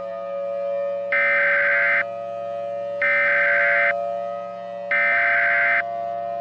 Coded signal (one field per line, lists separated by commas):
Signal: Emergency Alert System (SAME) tones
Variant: header bursts